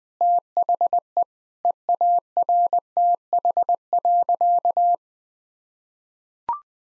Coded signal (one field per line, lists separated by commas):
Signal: Morse code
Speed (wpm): 20 wpm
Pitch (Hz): 700 Hz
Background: none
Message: THE EARTH.